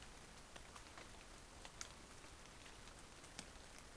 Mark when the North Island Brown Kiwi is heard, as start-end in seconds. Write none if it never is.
none